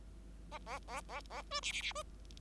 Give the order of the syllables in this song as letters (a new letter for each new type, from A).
A A A A A B C C C B